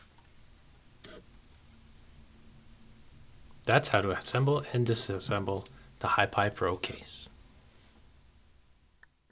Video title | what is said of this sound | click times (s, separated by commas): HighPi Pro Case for Raspberry Pi - Assembly | and push until it snaps | 1.1 s